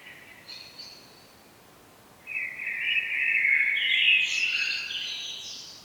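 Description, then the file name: Common blackbird song: soft high notes at first, then a long, loud, warbled whistling phrase with squeaky high flourishes. "Turdus merula"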